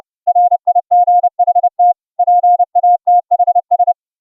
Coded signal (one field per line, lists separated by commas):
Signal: Morse code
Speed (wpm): 31 wpm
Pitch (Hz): 710 Hz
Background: music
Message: RIGHT PATHS